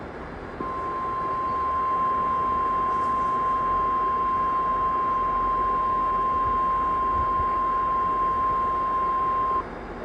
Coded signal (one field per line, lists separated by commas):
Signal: Emergency Alert System (SAME) tones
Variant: 1050 Hz attention tone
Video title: KFI LOX Flash Flood Warning with an RWT preroll (EAS #56)